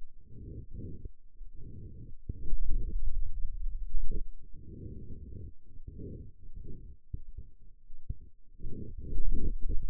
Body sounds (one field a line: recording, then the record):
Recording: forearm muscle sounds (acoustic myography)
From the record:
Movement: hand opening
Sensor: system 2, bracelet of six BSWA MPA416 microphones around the upper forearm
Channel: 6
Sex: male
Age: 22 years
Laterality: right